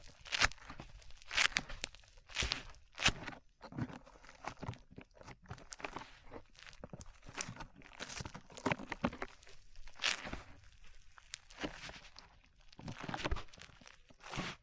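Slime being squished and pulled, making sticky, wet crackling sounds in irregular bursts. Sharp pops and snaps come every second or so, louder around 1, 3, 10 and 13 seconds, with quieter squelching between them.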